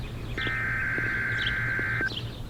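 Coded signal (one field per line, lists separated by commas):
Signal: Emergency Alert System (SAME) tones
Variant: header bursts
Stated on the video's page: Weather radio Required Weekly Test recorded with a Zoom H1essential 32-bit float recorder.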